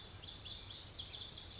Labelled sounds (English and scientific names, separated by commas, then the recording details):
Lazuli Bunting (Passerina amoena)
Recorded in Sonoma County, California